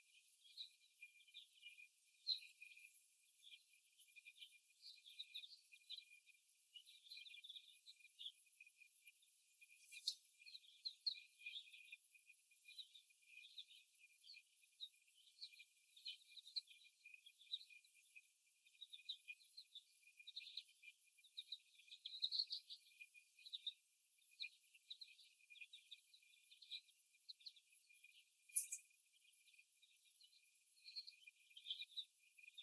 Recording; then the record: young laying hens in a cage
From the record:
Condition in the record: after the stressor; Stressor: simulated dog barking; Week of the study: 1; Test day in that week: 1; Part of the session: 3